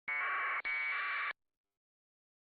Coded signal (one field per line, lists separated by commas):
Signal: packet radio (AX.25, as in APRS)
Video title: CROOKED RIVER AMATEUR RADIO CLUB - W8CRC - Tuesday 2m net 146.64 MHz, 110.9 Hz PL 7:00PM, 6-10-24